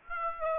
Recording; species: mosquito wingbeat signal from an infrared sensor; Aedes aegypti